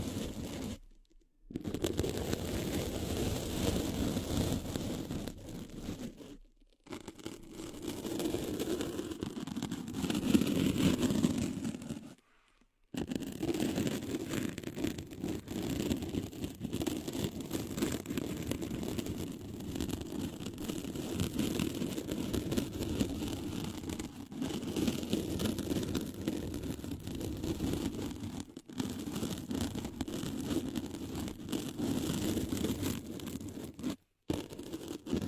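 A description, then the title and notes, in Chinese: Wordless ear cleaning: a dense, steady, low scratchy rumble runs throughout, broken by brief silent gaps near 1, 6, 12, 28 and 34 seconds. 无人声采耳助眠。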